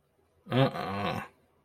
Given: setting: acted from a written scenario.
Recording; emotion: vocal sound without words; contempt